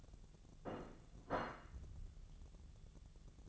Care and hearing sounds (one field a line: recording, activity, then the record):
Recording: daily activity, microphone in the room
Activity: place plate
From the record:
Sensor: 4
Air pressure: 1001.0 hPa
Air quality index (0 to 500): 145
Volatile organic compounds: 2 ppm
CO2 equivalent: 1066 ppm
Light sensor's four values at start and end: 26/62/25/27 and 26/62/25/27